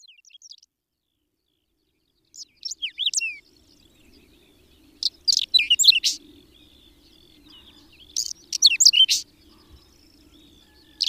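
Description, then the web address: Whinchat song: several short phrases mixing clear whistled slurs with harsh rattling notes, each about a second long, separated by pauses of one to two seconds. "agykontroll Madardalok Cd 3. Rozsdás csuk"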